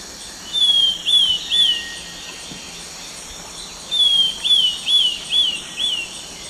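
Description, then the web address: Chestnut-crowned becard song: short series of clear, high whistled notes, first three then five in quick succession, over a steady high insect drone. Song, eastern lowlands of South America. "Natures Songs S America Eastern Lowlands. Pachyramphus castaneus, song"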